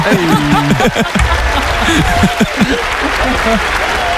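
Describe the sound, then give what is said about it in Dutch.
Loud, sustained applause from a crowd, a dense wash of clapping that holds steady for several seconds, with voices briefly audible at the start and faint laughter mixed in. “Zo, ik krijg een enorm applaus krijg ik daarvoor.”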